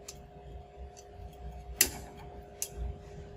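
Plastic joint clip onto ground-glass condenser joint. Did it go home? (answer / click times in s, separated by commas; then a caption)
yes / 1.8 s. A plastic joint clip is pushed onto the ground-glass joint between a condenser and a flask adapter, narrow end on the joint and wide end on the condenser. It snaps on with a sharp click at 1.8 s, with fainter ticks at 0.1 s and 2.6 s over a steady low hum. The clip is seated.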